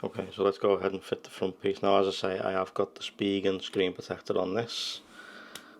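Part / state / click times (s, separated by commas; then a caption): slim case front piece onto a folding phone / seated / 5.6 s. Someone talks while fitting the front piece of a slim Thinborne case onto the cover screen of a Samsung Galaxy Z Fold 6 that already has a screen protector on it. A single sharp click at 5.6 s is heard as the front piece snaps into place and seats nicely.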